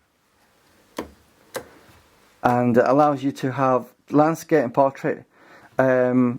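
The tripod collar on a Canon 300mm f/2.8 L IS II prime telephoto lens barrel is rotated between landscape and portrait positions, giving sharp detent clicks at 1.0 s and 1.6 s as it clicks into its stops. Someone then talks.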